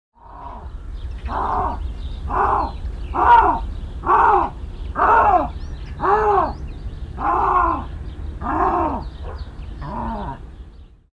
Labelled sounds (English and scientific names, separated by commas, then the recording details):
Canadian Lynx (Lynx canadensis)
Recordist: Tembrock, Günter
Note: Rufreihe des Katers